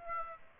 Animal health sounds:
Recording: mosquito wingbeat signal from an infrared sensor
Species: Aedes aegypti

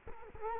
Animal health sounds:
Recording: mosquito wingbeat signal from an infrared sensor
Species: Culex quinquefasciatus

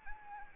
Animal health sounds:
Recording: mosquito wingbeat signal from an infrared sensor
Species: Anopheles arabiensis

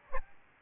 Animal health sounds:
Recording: mosquito wingbeat signal from an infrared sensor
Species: Aedes albopictus

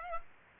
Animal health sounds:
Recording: mosquito wingbeat signal from an infrared sensor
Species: Aedes aegypti

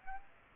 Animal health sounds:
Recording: mosquito wingbeat signal from an infrared sensor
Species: Aedes aegypti

